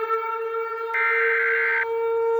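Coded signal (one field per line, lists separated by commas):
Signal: Emergency Alert System (SAME) tones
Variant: header bursts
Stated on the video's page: Fictional EAS scenario made for entertainment, about a meteor striking Diablo Canyon Power Plant in California.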